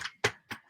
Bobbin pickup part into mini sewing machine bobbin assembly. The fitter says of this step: that butts up against the white piece, and then you'll hear it pop.